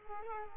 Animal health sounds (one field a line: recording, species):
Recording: mosquito wingbeat signal from an infrared sensor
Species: Culex quinquefasciatus